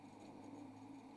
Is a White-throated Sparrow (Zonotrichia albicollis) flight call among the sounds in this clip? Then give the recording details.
no. No flight call is heard. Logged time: 03:52 on 28 November 2014